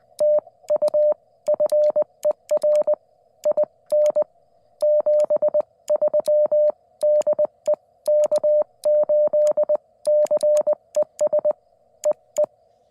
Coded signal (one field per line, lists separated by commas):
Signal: Morse code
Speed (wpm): 20 wpm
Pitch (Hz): 600 Hz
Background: none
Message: TU FER IN 73 DE K8CES EE